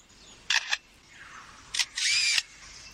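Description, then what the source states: Superb Lyrebird mimicking a camera: a few short mechanical bursts followed by a longer whirring burst. Lyrebird mimicking a camera; it mimics other birds and sounds in its environment to attract a mate.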